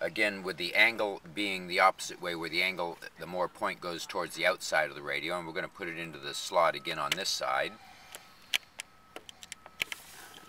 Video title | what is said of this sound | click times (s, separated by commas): Mercedes Benz Car Stereo Removal 1994 - 1999 = Car Stereo HELP | should be able to hear it snap when it there it goes a little clip | 9.8 s